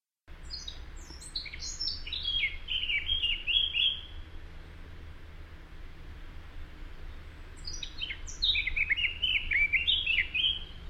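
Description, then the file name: Eurasian blackcap giving two song phrases, each starting with high thin scratchy notes and flowing into louder mellow fluty warbling, with a pause between them. "Sylvia atricapilla"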